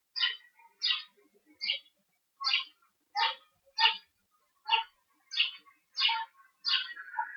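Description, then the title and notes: Bird chirping, a steady run of sharp, high chirps with faint softer calls between them. Urban outdoor soundscape in Murcia, Spain, recorded during the COVID-19 quarantine. "Historias Sonoras Del COVID 19 Aplausos y Pájaros. Infante Juan Manuel, Murcia. Ambiente exterior. Aplausos y pájaros. Paisaje sonoro de Murcia. España, durante la cuarentena"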